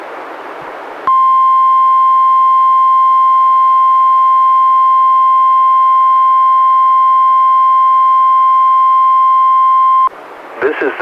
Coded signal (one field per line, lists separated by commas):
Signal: Emergency Alert System (SAME) tones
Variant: 1050 Hz attention tone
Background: speech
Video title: EAS #201-202: 2 NWR Required Weekly Tests- Oct. 4-11, 2017